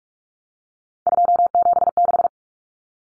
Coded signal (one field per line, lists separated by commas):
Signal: Morse code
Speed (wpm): 44 wpm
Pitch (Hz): 700 Hz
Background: none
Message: 276